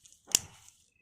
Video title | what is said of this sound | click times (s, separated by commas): Mottaimadi Garden green shade net with clip , Gardening shade net all size available. | Lock ஆயிடுச்சு அதே | 0.3 s